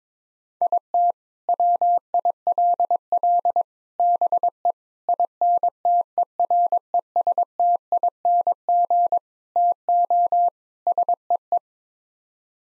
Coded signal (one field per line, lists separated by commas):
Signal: Morse code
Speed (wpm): 22 wpm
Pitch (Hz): 700 Hz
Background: none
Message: IT WILL BE INTERESTING TO SEE